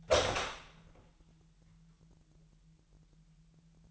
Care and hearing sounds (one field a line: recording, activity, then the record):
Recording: daily activity, microphone in the room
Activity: open door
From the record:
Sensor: 3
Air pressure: 998.4 hPa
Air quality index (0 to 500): 139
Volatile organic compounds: 4 ppm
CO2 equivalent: 1661 ppm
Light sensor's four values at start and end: 17/48/19/18 and 17/48/19/18